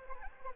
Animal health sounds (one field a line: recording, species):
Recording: mosquito wingbeat signal from an infrared sensor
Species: Anopheles arabiensis